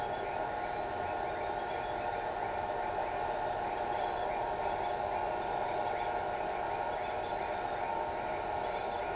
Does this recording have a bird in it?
no